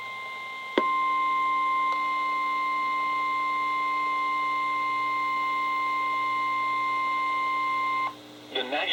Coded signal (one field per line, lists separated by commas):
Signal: Emergency Alert System (SAME) tones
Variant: 1050 Hz attention tone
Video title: EAS#30-#32: Late February Severe Weather | KHB36